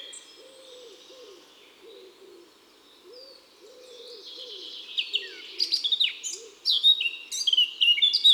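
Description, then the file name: Eurasian blackcap song: a faint, scratchy warble building into loud, fast fluty phrases near the end, with soft low arched notes of another bird repeated underneath. Song; woods and forests. "Fauvette a tete noire Chants doiseaux des bois et des forets"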